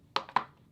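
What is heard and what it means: A magnetic accessory insert is dropped into place a second time in a Nuraphone headphone carrying case, snapping home with a sharp click at 0.2 s. A second sharp knock of similar loudness follows at 0.4 s, and a faint tap comes near the end at 0.7 s. The insert is seated, magnetically locked in place in the case.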